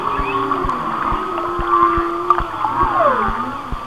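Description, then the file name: Whale song with long, low moaning tones that slowly rise and fall, over a steady high whine and repeated clicking pulses. "Whale Songs- Mike Mc Donald"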